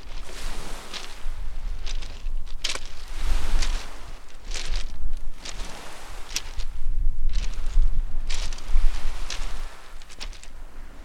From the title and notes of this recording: Soothing sounds of waves and seabirds in Anglesey. It's early morning in a secretive bay on northern Anglesey. You're walking on a shingle bank that separates a serene, reed-fringed lagoon from the restless rising tide. The pipes and skirls of oystercatchers, redshanks and curlews rise over the wash of the waves. Recorded by Kevin Parr.